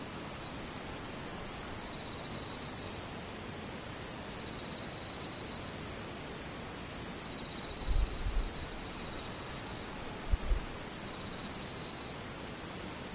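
Insects call over a steady, even hiss, with a thin high whine running throughout and bursts of short, rapid chirps repeating in irregular groups. Two brief low thumps break in near the eighth and tenth seconds.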